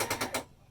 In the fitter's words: So it's important to go until the slides stop and you hear the clicking.